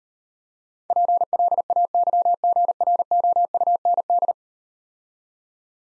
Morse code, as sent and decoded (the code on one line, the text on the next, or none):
.--. .-.. .- -.-- --. .-. --- ..- -. -..
PLAYGROUND